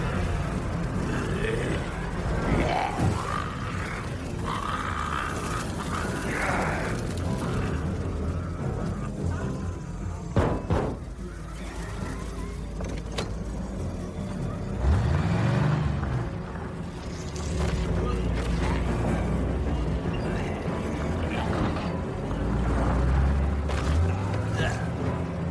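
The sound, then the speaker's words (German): A chaotic attack scene: guttural growls and groans from a horde of zombies over a steady low rumble, with heavy thumps and a rising engine-like whine as a man jumps onto a car's hood and waves a torch. “Umzingelt von Zombies springt der Mann auf die Motorhaube des Autos.”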